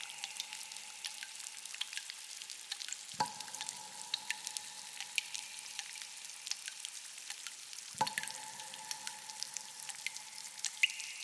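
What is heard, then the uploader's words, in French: Water trickles and drips inside a cave, a dense, fizzing patter of tiny droplets running steadily throughout. Two heavier drops land at about three and eight seconds, each with a low knock and a ringing tone that hangs in the cave. Quelques gouttes d'eau dans une grotte (bruit blanc). L'eau qui ruisselle le long des stalactites jusqu'à tomber goutte par goutte contre le sol.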